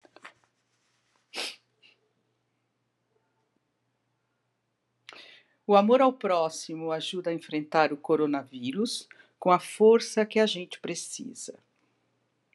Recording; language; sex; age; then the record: spoken sentence; Brazilian Portuguese; female; 60 to 69 years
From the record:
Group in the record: control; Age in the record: 67 years